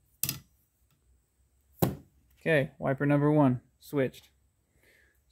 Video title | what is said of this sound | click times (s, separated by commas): Five Minute Fix 1 - Wiper Blade Change 2010 Ford Fusion | and push to hear it click that's it okay | 0.2 s